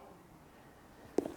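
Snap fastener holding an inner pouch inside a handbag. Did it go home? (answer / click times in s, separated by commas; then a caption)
released / 1.2 s, 1.3 s. A snap fastener holding the removable inner pouch inside a Verano Hill handbag is pulled open after about a second of near-silence. A sharp snap sounds at 1.2 s, followed by a softer second click at 1.3 s as the snap releases.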